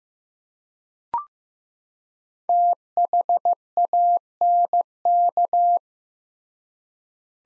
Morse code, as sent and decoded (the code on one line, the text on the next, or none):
- .... .- -. -.-
THANK